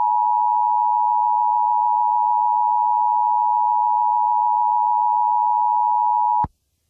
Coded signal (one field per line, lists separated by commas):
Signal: Emergency Alert System (SAME) tones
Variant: 853 and 960 Hz attention tone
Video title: EAS Scenario #9.5: Caillou Error